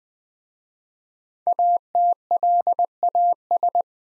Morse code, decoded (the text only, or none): ATLAS